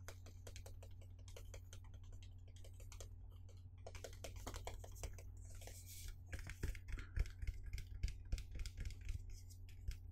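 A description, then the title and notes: Tapping on a box, a quick run of light, dry clicks and knocks that sound like keys being typed. The taps come in dense, uneven bursts, louder and sharper after six seconds, over a constant low hum throughout. Box Tapping Overdose Mega Relaxing Binaural Sounds. Gusti found some boxes and decided to tap on them for you.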